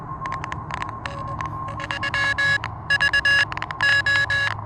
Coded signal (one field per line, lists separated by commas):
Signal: Morse code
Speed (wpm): 20 wpm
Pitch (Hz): 1700 Hz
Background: none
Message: M V O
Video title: Elecraft KH1: A little back yard pedestrian mobile POTA hunting